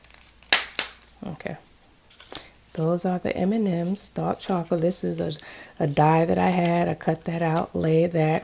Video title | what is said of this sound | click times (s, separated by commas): Mother's Day Project Share | When you hear the click, that's how you know it's actually closed. You got to get this closed. | 0.5 s